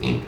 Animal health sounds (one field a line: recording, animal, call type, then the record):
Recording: contact call of a hoofed animal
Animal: pig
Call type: closed-mouth grunt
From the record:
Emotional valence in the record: positive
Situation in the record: food and toys in familiar pen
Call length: 0.28 s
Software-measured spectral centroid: 1950 Hz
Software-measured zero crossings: 1290 a second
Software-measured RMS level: -24 dBFS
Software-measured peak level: -10 dBFS